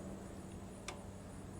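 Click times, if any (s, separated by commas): none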